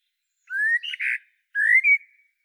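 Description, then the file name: Common blackbird singing two short fluty phrases with a brief pause between them, each beginning with a clear rising whistle. "Turdus merula"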